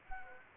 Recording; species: mosquito wingbeat signal from an infrared sensor; Anopheles gambiae